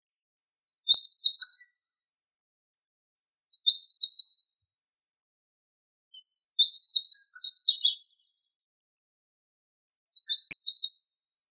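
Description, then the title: Bird giving four short bursts of very high, rapid twittering notes, roughly every three seconds, with silence in between. "LuckyPassaros CompletosSama"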